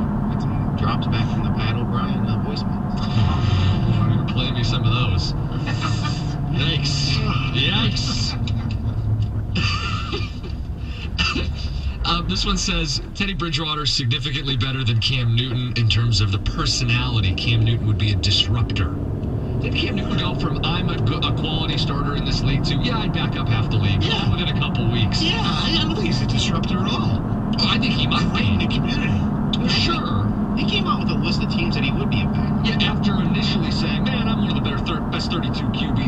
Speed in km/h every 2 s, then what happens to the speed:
64, 58, 50, 40, 31, 19, 6, 13, 32, 48, 58, 64, 66, 71, 71, 69, 71, 71.
0-13 brakes to 6. 13-26 speeds up to 71. 26-36 steady at about 71.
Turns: none.